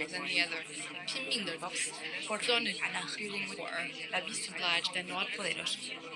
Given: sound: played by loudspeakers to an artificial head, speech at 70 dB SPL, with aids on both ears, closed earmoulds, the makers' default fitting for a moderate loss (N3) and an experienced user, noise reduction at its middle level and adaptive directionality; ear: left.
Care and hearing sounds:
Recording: speech test signal (ISTS) in cocktail-party noise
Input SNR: -3 dB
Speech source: in front (0 degrees)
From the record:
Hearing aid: class 2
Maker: I

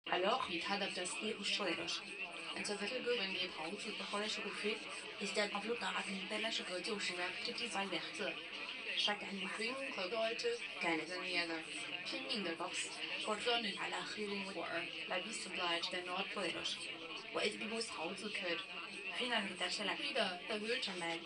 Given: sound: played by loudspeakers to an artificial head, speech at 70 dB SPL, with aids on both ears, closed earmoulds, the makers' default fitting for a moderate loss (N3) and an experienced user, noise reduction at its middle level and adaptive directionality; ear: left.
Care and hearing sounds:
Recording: speech test signal (ISTS) in cocktail-party noise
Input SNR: +9 dB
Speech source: on the right (90 degrees)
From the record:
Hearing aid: class 2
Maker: C

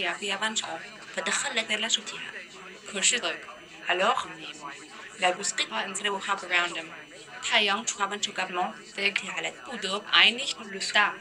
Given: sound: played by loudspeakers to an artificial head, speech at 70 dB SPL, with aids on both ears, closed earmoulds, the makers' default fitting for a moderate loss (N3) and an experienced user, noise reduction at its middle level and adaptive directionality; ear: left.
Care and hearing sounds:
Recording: speech test signal (ISTS) in cocktail-party noise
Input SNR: +6 dB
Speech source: in front (0 degrees)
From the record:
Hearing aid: class 2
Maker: E

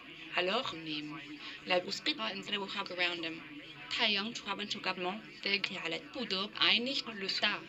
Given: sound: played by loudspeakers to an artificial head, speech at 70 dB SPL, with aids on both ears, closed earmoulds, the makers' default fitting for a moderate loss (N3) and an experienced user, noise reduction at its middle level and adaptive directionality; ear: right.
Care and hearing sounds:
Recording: speech test signal (ISTS) in cocktail-party noise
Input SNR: +9 dB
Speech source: on the right (90 degrees)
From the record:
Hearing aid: class 1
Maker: D

